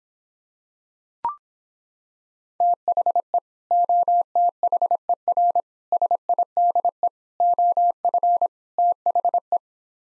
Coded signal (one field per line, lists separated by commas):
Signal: Morse code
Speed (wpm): 26 wpm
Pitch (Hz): 700 Hz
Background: none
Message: THE OTHER SIDE OF THE